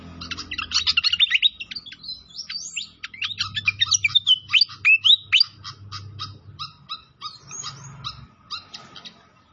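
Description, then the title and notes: Pied fantail song: an energetic tumble of high squeaks and swooping whistles, followed by evenly spaced short chip notes, with a faint low hum. Masteran training recording of a clear-voiced bird, mixed with the sound of trickling flowing water. "Masteran Sikatan Kipas Suara Jernih Dan Suara Gemericik Air. Suara Burung Sikatan Londo"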